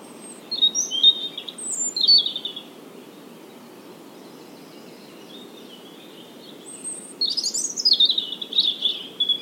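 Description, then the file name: European robin song: high warbled notes at the start, a long pause, then a longer twittering phrase near the end. "Erithacus rubecula"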